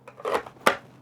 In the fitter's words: Hear that positive click, lock up.